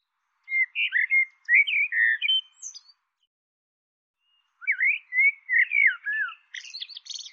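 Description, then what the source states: Bird gives two longer runs of warbling chirps and whistles, the second closing with buzzy high notes; nothing else audible. Call labelled "Tu Me Tu Me".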